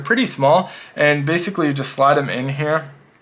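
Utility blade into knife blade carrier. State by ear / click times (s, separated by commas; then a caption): not seated / none. Someone talks while a replaceable steel utility blade is handled for a Reate Exo-U gravity utility knife, about to be slid into the slots of its aluminium blade carrier and pressed onto small retaining nubs. Only speech is heard, with no tick or snap. The clip ends before the blade goes home, so nothing has seated or clicked yet.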